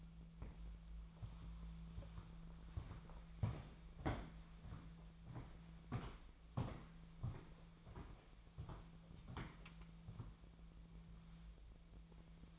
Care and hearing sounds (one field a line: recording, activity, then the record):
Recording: daily activity, microphone in the room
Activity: walk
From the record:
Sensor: 1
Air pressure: 1008.4 hPa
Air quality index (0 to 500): 189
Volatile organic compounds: 17 ppm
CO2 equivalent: 2566 ppm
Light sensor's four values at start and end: 18/48/19/22 and 19/47/19/22